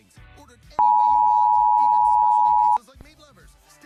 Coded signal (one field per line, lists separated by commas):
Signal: Emergency Alert System (SAME) tones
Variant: 853 and 960 Hz attention tone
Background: speech, music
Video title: EAS SCENARIO: THE RAPTURE